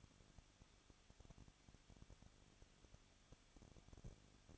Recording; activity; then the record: daily activity, microphone in the room; no activity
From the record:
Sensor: 4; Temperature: 23.0 degrees Celsius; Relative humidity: 34.0%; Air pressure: 1007.3 hPa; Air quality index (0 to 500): 215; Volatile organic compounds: 15 ppm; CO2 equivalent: 2480 ppm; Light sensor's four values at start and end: 2/3/1/1 and 2/3/1/1